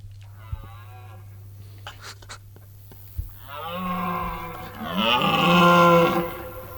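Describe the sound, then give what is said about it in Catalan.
A rutting moose gives a long, moaning bellow that swells louder and then fades, after a fainter, shorter call and a few sharp clicks, over a steady low hum. “Un alce en celo.”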